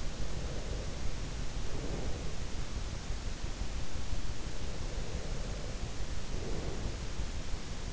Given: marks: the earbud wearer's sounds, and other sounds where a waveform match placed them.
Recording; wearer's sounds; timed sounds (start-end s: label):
sounds in sleep by an in-ear microphone; breath
0.00-2.38 s: breath
4.58-7.17 s: breath